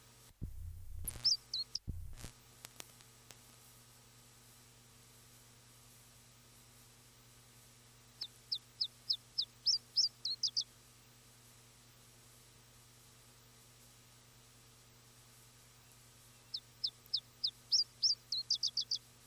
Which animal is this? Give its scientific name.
Phylloscopus ibericus